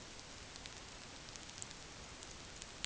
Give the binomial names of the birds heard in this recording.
none